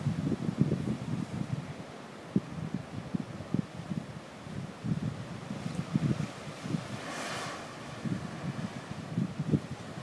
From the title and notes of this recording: Straddie's Beach at stradbroke island by Melanie Koeppen.